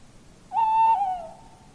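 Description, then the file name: Tawny owl giving a single steady hoot, holding level then dipping slightly at the end, with quiet background. "lehtopollo"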